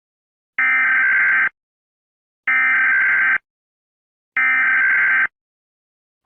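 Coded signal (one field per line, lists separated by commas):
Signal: Emergency Alert System (SAME) tones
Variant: header bursts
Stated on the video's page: Fictional EAS scenario of a hazardous material breach; not a real event.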